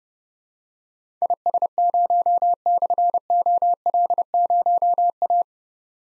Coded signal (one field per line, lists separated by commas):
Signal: Morse code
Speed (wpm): 30 wpm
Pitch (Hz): 700 Hz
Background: none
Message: IS0/OL0A